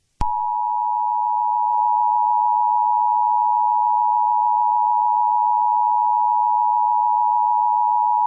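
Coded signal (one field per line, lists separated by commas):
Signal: Emergency Alert System (SAME) tones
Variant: 853 and 960 Hz attention tone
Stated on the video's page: Fictional tornado outbreak scenario, simulated alert.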